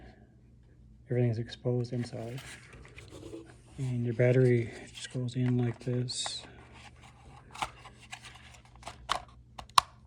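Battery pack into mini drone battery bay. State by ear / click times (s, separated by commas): seated / 9.8 s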